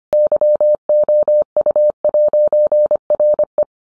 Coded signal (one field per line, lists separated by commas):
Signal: Morse code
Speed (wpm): 25 wpm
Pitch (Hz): 600 Hz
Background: none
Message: YOU'RE